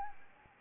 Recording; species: mosquito wingbeat signal from an infrared sensor; Anopheles gambiae